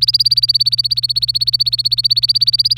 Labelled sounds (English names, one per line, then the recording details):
Domestic Canary song
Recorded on 25 April 2018 at 11:59
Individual llb3